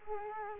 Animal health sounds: mosquito wingbeat signal from an infrared sensor; Culex quinquefasciatus

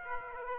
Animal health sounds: mosquito wingbeat signal from an infrared sensor; Aedes aegypti

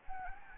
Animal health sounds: mosquito wingbeat signal from an infrared sensor; Anopheles gambiae

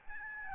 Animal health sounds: mosquito wingbeat signal from an infrared sensor; Aedes albopictus

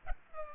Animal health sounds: mosquito wingbeat signal from an infrared sensor; Culex pipiens

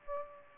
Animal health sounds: mosquito wingbeat signal from an infrared sensor; Aedes aegypti

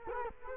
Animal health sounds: mosquito wingbeat signal from an infrared sensor; Culex quinquefasciatus

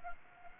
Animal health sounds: mosquito wingbeat signal from an infrared sensor; Anopheles gambiae

